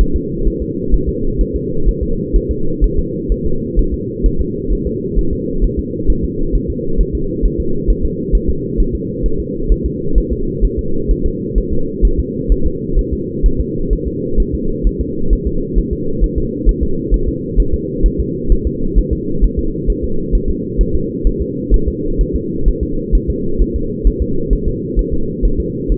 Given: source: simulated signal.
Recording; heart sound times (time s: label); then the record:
fetal heart sounds
0.01 s: S1
0.16 s: S2
0.47 s: S1
0.62 s: S2
0.94 s: S1
1.09 s: S2
1.41 s: S1
1.56 s: S2
1.89 s: S1
2.03 s: S2
2.36 s: S1
2.51 s: S2
2.84 s: S1
2.99 s: S2
3.32 s: S1
3.46 s: S2
3.79 s: S1
3.94 s: S2
4.26 s: S1
4.41 s: S2
4.73 s: S1
4.87 s: S2
5.19 s: S1
5.33 s: S2
5.64 s: S1
5.79 s: S2
6.10 s: S1
6.25 s: S2
6.55 s: S1
6.70 s: S2
7.00 s: S1
7.15 s: S2
7.45 s: S1
7.60 s: S2
7.90 s: S1
8.05 s: S2
8.35 s: S1
8.50 s: S2
8.80 s: S1
8.95 s: S2
9.26 s: S1
9.40 s: S2
9.72 s: S1
9.86 s: S2
10.18 s: S1
10.32 s: S2
10.65 s: S1
10.79 s: S2
11.11 s: S1
11.26 s: S2
11.58 s: S1
11.73 s: S2
12.05 s: S1
12.19 s: S2
12.52 s: S1
12.66 s: S2
12.99 s: S1
13.13 s: S2
13.46 s: S1
13.61 s: S2
13.93 s: S1
14.07 s: S2
14.40 s: S1
14.55 s: S2
14.87 s: S1
15.01 s: S2
15.33 s: S1
15.47 s: S2
15.79 s: S1
15.93 s: S2
16.24 s: S1
16.38 s: S2
16.69 s: S1
16.83 s: S2
17.14 s: S1
17.29 s: S2
17.60 s: S1
17.74 s: S2
18.06 s: S1
18.20 s: S2
18.52 s: S1
18.67 s: S2
18.98 s: S1
19.13 s: S2
19.44 s: S1
19.59 s: S2
19.90 s: S1
20.04 s: S2
20.35 s: S1
20.50 s: S2
20.81 s: S1
20.95 s: S2
21.27 s: S1
21.42 s: S2
21.74 s: S1
21.88 s: S2
22.21 s: S1
22.36 s: S2
22.68 s: S1
22.83 s: S2
23.15 s: S1
23.30 s: S2
23.62 s: S1
23.76 s: S2
24.07 s: S1
24.22 s: S2
24.53 s: S1
24.68 s: S2
24.99 s: S1
25.13 s: S2
25.45 s: S1
25.60 s: S2
25.92 s: S1
From the record:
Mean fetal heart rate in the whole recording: 130 bpm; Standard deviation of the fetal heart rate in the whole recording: 2 bpm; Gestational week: 36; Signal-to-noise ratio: -8.1 dB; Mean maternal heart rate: 72 bpm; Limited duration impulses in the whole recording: absent